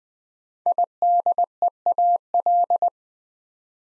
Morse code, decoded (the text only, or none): IDEAL